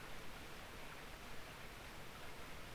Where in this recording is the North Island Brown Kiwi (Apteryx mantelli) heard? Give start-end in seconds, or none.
none